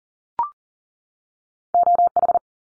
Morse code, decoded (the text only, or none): OH